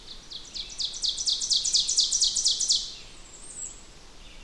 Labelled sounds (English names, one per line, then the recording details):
Ovenbird song
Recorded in boreal forest in Alberta, Canada, on 16 June 2016 at 08:09
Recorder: SongMeter 3, array SBT-3-32
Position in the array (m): 162 m, 26 m
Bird 36